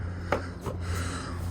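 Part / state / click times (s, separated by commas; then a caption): plastic intake snorkel into air box inlet / seated / 0.3 s. On a Mercedes E300 W213, the plastic intake snorkel, removed for the oil change, is plugged back into the air box inlet. Over quiet rubbing, a single short, sharp hit lands at 0.3 s as the snorkel seats into its socket. No one talks during the clip.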